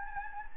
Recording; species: mosquito wingbeat signal from an infrared sensor; Anopheles gambiae